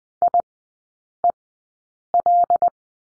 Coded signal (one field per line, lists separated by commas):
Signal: Morse code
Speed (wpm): 20 wpm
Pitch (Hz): 700 Hz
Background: none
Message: IEL